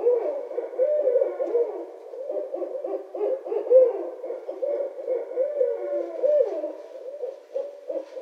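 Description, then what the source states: Barred owl hooting and cackling in an excited, wavering jumble, continuous for several seconds. Recorded on 26 February 2012.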